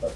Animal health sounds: pig call; piglet (1 to 25 days)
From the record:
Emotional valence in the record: positive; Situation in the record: after nursing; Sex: male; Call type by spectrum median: low-frequency call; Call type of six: low-frequency stable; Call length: 0.15 s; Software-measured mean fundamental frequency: 55 Hz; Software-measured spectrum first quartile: 414 Hz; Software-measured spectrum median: 564 Hz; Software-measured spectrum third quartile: 767 Hz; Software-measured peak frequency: 574 Hz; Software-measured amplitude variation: 127 dB a second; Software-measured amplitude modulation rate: 23.1 a second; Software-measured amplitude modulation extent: 5.5 dB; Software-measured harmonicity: 6.2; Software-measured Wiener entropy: -0.81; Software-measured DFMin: 608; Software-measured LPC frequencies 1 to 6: 564, 2318, 3324, 4062, 5182, 6142 Hz

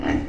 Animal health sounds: pig call; growing-finishing pig (85 days or more)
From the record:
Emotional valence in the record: negative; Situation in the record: barren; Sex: female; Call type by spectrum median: low-frequency call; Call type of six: low-frequency modulated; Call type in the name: low-frequency modulated, not sure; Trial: 1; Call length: 0.28 s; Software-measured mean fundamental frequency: 56 Hz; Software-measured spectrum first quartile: 236 Hz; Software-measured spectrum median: 381 Hz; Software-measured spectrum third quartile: 1173 Hz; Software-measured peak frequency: 289 Hz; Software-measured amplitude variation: 148 dB a second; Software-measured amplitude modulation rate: 23.0 a second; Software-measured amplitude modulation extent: 6.4 dB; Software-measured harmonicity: 2.4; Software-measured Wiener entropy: -1.60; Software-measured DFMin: 536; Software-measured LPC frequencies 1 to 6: 1873, 2897, 3999, 4630, 5568, 6188 Hz

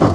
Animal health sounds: pig call; growing-finishing pig (85 days or more)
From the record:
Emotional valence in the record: positive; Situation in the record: run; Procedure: transit

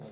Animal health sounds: pig call; piglet (1 to 25 days)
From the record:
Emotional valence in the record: negative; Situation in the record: long isolation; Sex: female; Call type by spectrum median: low-frequency call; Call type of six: low-frequency stable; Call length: 0.12 s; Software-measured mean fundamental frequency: 76 Hz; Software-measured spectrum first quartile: 192 Hz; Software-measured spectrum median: 419 Hz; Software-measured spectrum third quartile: 880 Hz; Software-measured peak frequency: 153 Hz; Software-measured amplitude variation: 67 dB a second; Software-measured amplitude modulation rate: 16.3 a second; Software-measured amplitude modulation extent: 4.1 dB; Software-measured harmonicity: 1.8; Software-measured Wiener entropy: -0.29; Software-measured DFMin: 683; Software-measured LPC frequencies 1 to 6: 539, 3690, 4658, 5546, 6429, 7203 Hz

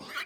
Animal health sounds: pig call; piglet (1 to 25 days)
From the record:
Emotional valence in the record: negative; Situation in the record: short isolation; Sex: female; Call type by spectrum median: low-frequency call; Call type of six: mixed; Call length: 0.25 s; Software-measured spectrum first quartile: 1386 Hz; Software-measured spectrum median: 2034 Hz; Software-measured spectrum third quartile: 3230 Hz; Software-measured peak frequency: 1419 Hz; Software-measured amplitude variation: 92 dB a second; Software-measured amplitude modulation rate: 16.0 a second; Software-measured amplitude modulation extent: 5.8 dB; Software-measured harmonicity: 2.5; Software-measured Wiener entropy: -1.40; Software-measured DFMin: 899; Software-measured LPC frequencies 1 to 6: 1378, 2156, 3099, 4097, 4699, 6047 Hz

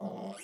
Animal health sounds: pig call; piglet (1 to 25 days)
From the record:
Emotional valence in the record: negative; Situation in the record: long isolation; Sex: male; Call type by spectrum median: low-frequency call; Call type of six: mixed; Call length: 0.44 s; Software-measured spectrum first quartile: 253 Hz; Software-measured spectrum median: 571 Hz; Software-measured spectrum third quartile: 1279 Hz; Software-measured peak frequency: 197 Hz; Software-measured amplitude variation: 104 dB a second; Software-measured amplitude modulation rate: 25.2 a second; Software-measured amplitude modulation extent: 4.1 dB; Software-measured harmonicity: 2.2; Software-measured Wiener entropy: -0.88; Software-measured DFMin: 1335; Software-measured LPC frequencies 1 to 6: 629, 2162, 2834, 4751, 5248, 6818 Hz

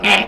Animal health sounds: pig call; piglet (1 to 25 days)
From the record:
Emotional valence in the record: negative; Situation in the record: crushing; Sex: female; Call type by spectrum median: low-frequency call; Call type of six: low-frequency tonal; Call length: 0.28 s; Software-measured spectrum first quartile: 779 Hz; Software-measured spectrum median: 2042 Hz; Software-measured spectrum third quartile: 2673 Hz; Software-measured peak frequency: 2450 Hz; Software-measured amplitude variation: 147 dB a second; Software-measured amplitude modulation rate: 16.4 a second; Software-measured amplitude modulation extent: 9.0 dB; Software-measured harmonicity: 1.4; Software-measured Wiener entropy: -1.15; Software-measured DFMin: 687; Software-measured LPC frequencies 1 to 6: 755, 2439, 3278, 4291, 6237, 6867 Hz

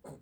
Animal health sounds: pig call; piglet (1 to 25 days)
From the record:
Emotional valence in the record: negative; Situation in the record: restrain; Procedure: back test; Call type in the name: low-frequency call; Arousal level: medium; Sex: female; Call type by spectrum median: low-frequency call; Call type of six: low-frequency stable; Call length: 0.22 s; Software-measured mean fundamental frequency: 53 Hz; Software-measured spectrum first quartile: 257 Hz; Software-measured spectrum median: 521 Hz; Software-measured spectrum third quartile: 1319 Hz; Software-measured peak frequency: 155 Hz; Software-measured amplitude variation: 207 dB a second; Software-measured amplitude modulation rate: 18.1 a second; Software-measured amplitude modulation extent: 11.5 dB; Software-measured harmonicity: 3.8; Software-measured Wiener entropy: -1.15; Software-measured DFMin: 982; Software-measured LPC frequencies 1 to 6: 528, 3489, 4282, 5161, 7218, 8024 Hz

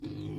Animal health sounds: pig call; weaner (32 to 43 days)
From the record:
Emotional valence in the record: positive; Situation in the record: positive conditioning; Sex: female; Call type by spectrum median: low-frequency call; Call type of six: low-frequency stable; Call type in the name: low-frequency stable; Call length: 0.39 s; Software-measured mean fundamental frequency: 51 Hz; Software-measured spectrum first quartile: 138 Hz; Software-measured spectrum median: 257 Hz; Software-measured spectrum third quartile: 394 Hz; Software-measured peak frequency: 305 Hz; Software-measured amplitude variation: 128 dB a second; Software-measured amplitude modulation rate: 30.5 a second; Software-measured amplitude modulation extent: 4.2 dB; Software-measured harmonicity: 1.1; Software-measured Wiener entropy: 0.03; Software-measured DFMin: 1027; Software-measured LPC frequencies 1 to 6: 306, 2334, 3359, 4004, 5346, 6914 Hz

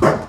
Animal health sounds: pig call; growing-finishing pig (85 days or more)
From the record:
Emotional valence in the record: positive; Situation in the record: run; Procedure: transit

